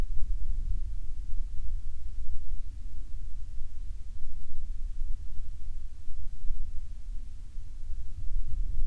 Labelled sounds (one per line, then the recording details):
wind
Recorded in the Prudhoe Bay oil fields, Alaska, on 28 July 2019 at 18:28
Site 14